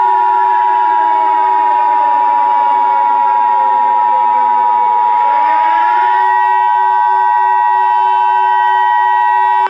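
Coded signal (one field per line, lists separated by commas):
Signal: Emergency Alert System (SAME) tones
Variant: 853 and 960 Hz attention tone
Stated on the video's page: Fictional EAS scenario, simulated alert.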